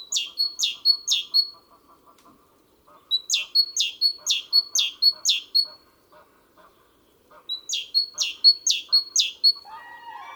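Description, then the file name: Great tit delivering three runs of paired notes, a bright level tone then a falling note. Lower twittering sits beneath, and a louder call enters at the end. "Parus major"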